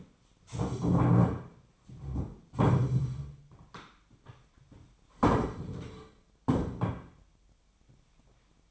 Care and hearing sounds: daily activity, microphone in the room; stand up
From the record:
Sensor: 1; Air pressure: 1008.0 hPa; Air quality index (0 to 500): 191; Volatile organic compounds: 17 ppm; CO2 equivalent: 2582 ppm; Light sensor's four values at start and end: 13/33/13/15 and 13/33/13/15

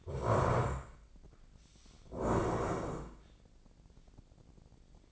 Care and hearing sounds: daily activity, microphone in the room; stand up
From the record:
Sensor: 5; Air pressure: 1012.4 hPa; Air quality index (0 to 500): 153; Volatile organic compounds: 2 ppm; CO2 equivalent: 1048 ppm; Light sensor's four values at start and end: 263/630/268/295 and 264/632/269/296

